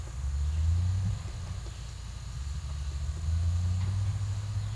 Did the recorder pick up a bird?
no